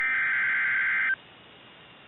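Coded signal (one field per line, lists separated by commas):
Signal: Emergency Alert System (SAME) tones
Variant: header bursts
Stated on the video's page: Severe Thunderstorm Warning for Omaha broadcast on NOAA weather radio station KIH61.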